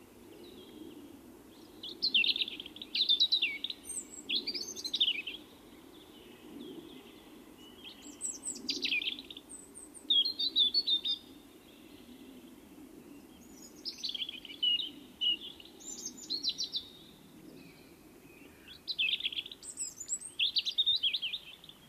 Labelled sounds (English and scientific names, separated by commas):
European Robin (Erithacus rubecula) song